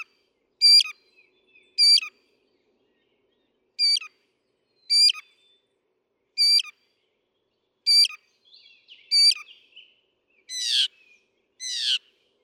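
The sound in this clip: Northern mockingbird song, short sharp notes repeated several times, followed by two rasping downward buzzes.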